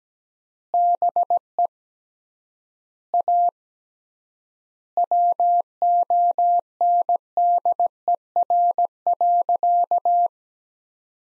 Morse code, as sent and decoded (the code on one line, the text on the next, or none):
-... . / .- / .-- --- -. -.. . .-. .-.-.-
BE A WONDER.